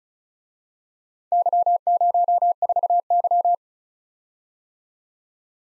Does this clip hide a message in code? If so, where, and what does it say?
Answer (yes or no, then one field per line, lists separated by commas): yes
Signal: Morse code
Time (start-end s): 1.3-3.5 s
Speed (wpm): 38 wpm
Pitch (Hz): 700 Hz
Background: none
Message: Y04Y